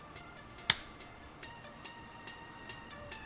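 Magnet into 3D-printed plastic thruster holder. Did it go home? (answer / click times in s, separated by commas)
yes / 0.7 s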